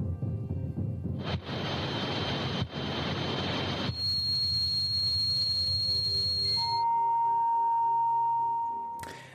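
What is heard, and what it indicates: A run of simulated tinnitus sounds: a low roar, then a hiss with a steady high-pitched whine, a higher ringing whistle, and finally a lower steady tone over a faint pulsing hum. These imitate the phantom ringing and hissing heard by people with tinnitus, which affects about 20% of the population.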